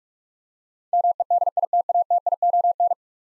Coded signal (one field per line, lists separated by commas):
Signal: Morse code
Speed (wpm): 44 wpm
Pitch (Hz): 700 Hz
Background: none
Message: MEDITATION